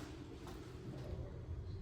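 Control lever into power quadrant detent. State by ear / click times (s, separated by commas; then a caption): not seated / none. A metal control lever on a steam locomotive's power quadrant is moved along its bushing toward a detent position, heard as a low, steady rumble with faint scraping. Nothing has seated or clicked yet.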